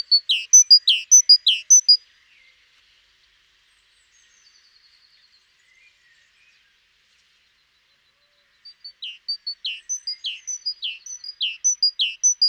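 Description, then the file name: Great tit song: bright repeated two-note phrases, a high whistle then a lower note, for about two seconds, a long quiet gap, then the phrases resume. "Parus major"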